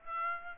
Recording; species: mosquito wingbeat signal from an infrared sensor; Aedes aegypti